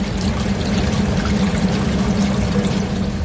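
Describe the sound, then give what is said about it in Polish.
River water is pumped by a special pump through a hose into a gallery, gushing in a continuous, even pour, a full rushing sound with a low churning rumble underneath, with no voices. “i w sumie to symbolicznie i niesymbolicznie, wprowadzi rzekę do galerii przy pomocy specjalnej pompy i węża.”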